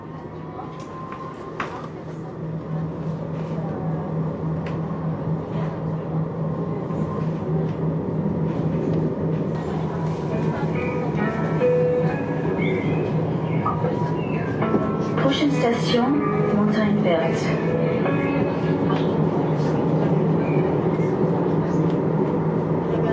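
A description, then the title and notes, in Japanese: Inside a moving train, a steady low rumble and hum fill the carriage, growing louder over the first few seconds. Around the middle, a short melody chimes for the arrival announcement, with brief speech and scattered clicks over the constant rolling noise. ストラスブールのトラム（メロディが秀逸）。フランス訪問の際に収録したトラムのチャイム。ストラスブールのトラムでは、到着の車内放送でメロディが流れるのですが、そのバリエーションが豊富でしかもセンスのいいものとなっています。いろいろなメロディをつなげてみました。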